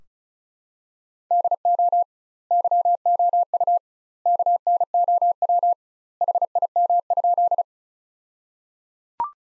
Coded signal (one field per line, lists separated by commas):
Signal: Morse code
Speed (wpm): 35 wpm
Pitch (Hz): 700 Hz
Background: none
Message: DO YOU KNOW HIM?